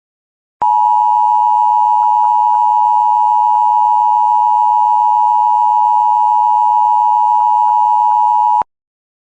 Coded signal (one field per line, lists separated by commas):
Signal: Emergency Alert System (SAME) tones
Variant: 853 and 960 Hz attention tone